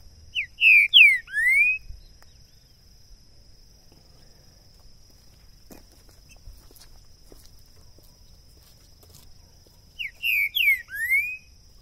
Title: ESQUENTAR Seu TRINCA Piando, Cantando E Macheando Na DISPUTA. LEVEI 2 TRINCA FERRO NO MATO!! ABRIR O CANTO DO TRINCA FERRO!! 2022!